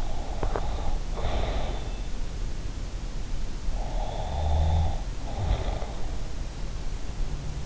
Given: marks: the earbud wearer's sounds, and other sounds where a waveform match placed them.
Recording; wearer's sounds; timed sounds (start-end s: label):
sounds in sleep by an in-ear microphone; breath, snoring breath
0.00-1.84 s: breath
3.64-5.94 s: snoring breath